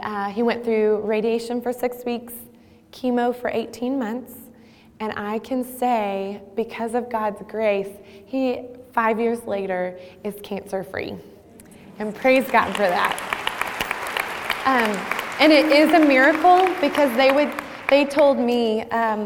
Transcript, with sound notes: He went through radiation for six weeks, chemo for eighteen months, and I can say, because of God's grace, he is, five years later, cancer free, and praise God for that. (Applause) And it is a miracle because they told me,